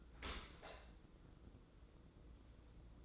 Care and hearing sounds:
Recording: daily activity, microphone in the room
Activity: open dishwasher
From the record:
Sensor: 3

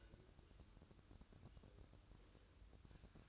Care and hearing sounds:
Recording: daily activity, microphone in the room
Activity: take from stove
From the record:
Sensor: 2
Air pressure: 1007.9 hPa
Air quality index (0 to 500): 107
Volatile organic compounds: 1 ppm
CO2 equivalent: 803 ppm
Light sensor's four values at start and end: 6/15/6/6 and 6/15/6/6

